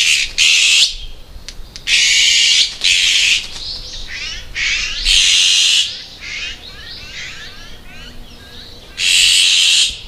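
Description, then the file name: Azure-winged magpie harsh rasping calls: several loud buzzy screeches of about a second each, with softer chatter between them. Recorded at Sayama. "onaga sayama"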